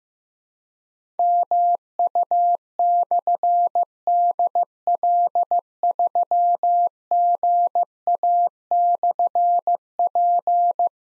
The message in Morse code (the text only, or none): MU/DL3GA/P